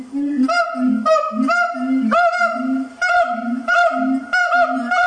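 Siamang calls: low, steady notes alternating with higher, sharper barks, repeated many times in quick succession.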